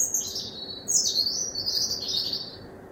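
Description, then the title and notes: Bird song: high, sweeping warbled phrases running almost continuously over a steady low hum. Recorded at 1 am from a kitchen window. "Birdsong Recorded From My Kitchen Window At 1 Am by Speculativism"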